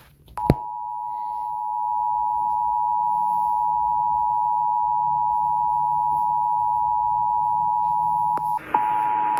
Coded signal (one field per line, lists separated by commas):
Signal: Emergency Alert System (SAME) tones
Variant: 853 and 960 Hz attention tone